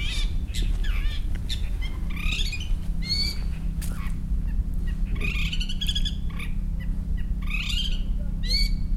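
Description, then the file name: Long-tailed shrike giving harsh, rasping squawks mixed with sharper chattering notes in irregular bursts, over a steady low rumble. "shrike-long-tailed -Lanius-schach"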